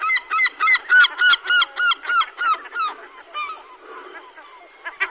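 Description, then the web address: European herring gull: a fast, regular series of loud, yelping notes, about three per second, fading into softer calls near the end. "Cursus Vogelzang Zilvermeeuw"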